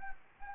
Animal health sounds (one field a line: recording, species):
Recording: mosquito wingbeat signal from an infrared sensor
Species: Anopheles gambiae